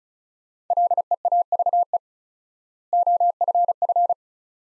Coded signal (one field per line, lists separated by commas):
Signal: Morse code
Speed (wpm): 36 wpm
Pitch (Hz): 700 Hz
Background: none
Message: LEAVE OFF